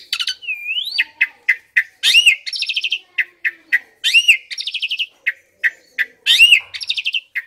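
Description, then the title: Asian pied starling singing a lively mix of rising and falling whistles, metallic buzzy rattles and sharp clicks in quick succession. Masteran tutoring song used to train kept birds that sing too little or are listless. "Masteran Jalak Suren Atasi Burung KURANG GACOR Dan LOYO"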